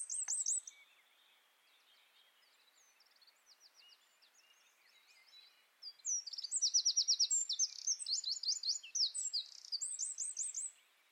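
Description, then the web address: Bird song: a short high burst at the start, several seconds of soft faint notes, then a loud rapid stream of trills and sweeping chirps. "Deverinetal 2025 File origin Bird Only"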